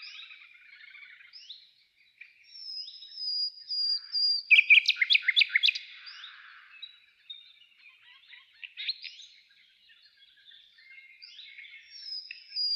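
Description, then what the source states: Nightingale song, mostly soft chirps and a thin high whistle, with one loud staccato burst of repeated notes midway. Nightingale trill.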